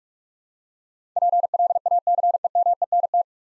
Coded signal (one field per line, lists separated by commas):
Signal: Morse code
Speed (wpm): 45 wpm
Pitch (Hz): 700 Hz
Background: none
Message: PLACEMENT